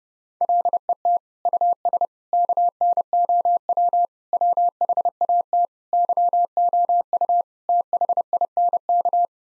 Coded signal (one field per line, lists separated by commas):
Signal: Morse code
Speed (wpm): 30 wpm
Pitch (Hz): 700 Hz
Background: none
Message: LET US KNOW WHAT YOU THINK